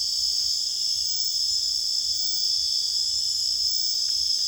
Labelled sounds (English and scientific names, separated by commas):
none